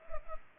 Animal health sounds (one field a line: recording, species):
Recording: mosquito wingbeat signal from an infrared sensor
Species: Culex pipiens